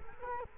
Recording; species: mosquito wingbeat signal from an infrared sensor; Culex quinquefasciatus